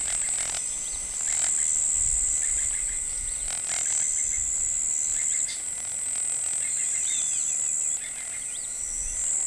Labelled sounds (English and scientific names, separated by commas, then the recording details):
none
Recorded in forest near Pivijay, Magdalena, Colombia, on 18 April 2023 at 05:30
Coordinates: 10.467, -74.380
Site Z5-G034